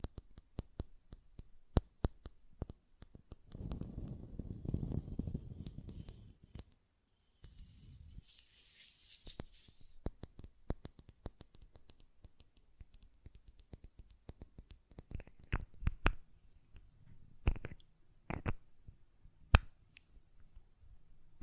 Glass Perfume Bottle Tapping & Lid Sounds